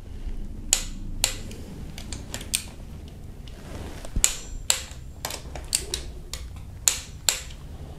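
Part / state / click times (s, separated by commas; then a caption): click-type torque wrench on camshaft cap bolts in an aluminium cylinder head / torque reached / 0.7 s, 1.2 s, 4.2 s, 4.7 s, 6.9 s, 7.3 s. A click-type torque wrench set to 14.7 Nm, turning a 12 mm socket, tightens the camshaft cap bolts in the aluminium cylinder head of a Kia Optima 2.4 GDI engine. Sharp metallic clicks sound in pairs at 0.7, 1.2, 4.3, 4.7, 6.9 and 7.3 seconds over a quiet background of faint ratcheting. Each click confirms the wrench has reached its torque setting on a bolt.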